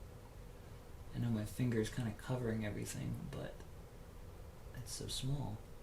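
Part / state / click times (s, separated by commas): tiny wire connector into drone circuit board socket / not seated / none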